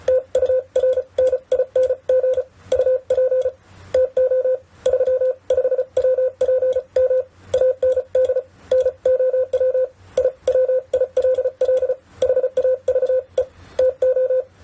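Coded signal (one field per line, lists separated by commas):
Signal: Morse code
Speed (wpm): 34 wpm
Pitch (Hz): 510 Hz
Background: none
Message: TURNING UP TO 35WPM AND NOW I WILL HAVE TO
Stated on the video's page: Morse sending test at 30 to 55 wpm keyed through a Winkeyer, checking error rate against speed; errors increase at higher speeds.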